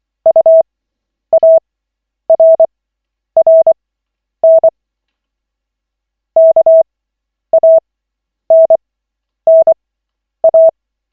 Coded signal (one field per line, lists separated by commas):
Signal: Morse code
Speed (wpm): 24 wpm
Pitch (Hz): 650 Hz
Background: none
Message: UARRN KANNA